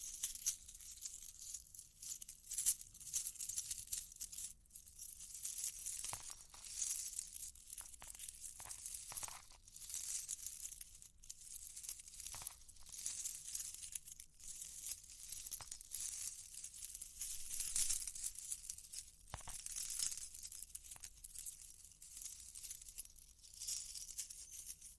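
Continuous light scratching and tapping with bright crinkly texture, punctuated by brief louder clicks and faint jingling every second or two throughout.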